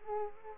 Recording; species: mosquito wingbeat signal from an infrared sensor; Culex pipiens